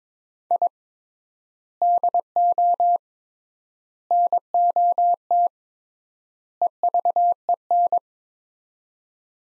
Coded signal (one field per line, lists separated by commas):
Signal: Morse code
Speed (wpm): 22 wpm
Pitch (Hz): 700 Hz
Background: none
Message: I DO NOT EVEN